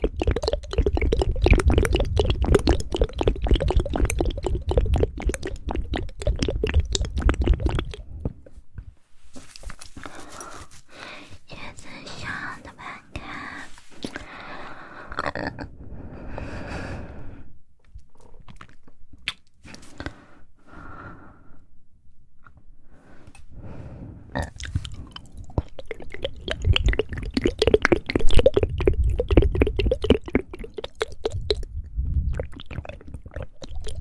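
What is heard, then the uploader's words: Mouth sounds: dense wet clicking and smacking for eight seconds, then sparser squishy pops and breaths, before thick smacking returns near twenty-five seconds. Mouth sounds.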